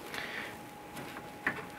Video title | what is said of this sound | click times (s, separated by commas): How to Replace AC Compressor Kit 2008-2013 Nissan Rogue | you'll be able to feel that snap into place | 1.5 s